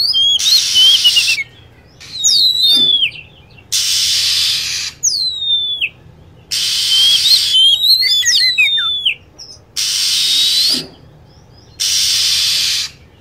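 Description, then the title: Lovebird calls: shrill falling whistles and rapid chirp groups, with regular loud blocks of hiss in between. Used as a lure sound for attracting birds. "PIKAT BURUNG LOVEBIRD"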